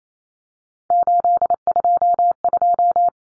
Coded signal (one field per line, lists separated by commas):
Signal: Morse code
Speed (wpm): 28 wpm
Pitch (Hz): 700 Hz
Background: none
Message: 822